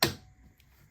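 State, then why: Seated. On a Volkswagen MK7 Golf, a new dipped beam headlight bulb holder is given a quarter turn into the driver's side headlight housing. It gives a sharp click at 0.0 seconds and then a faint tick near 0.6 seconds. The holder is seated in place.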